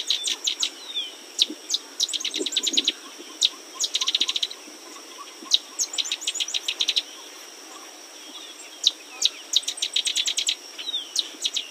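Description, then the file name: Sedge wren singing repeated dry, staccato chattering trills, each a quick run of sharp high clicks, delivered in bursts every second or two. "Sedge Wren - Cistothorus stellaris"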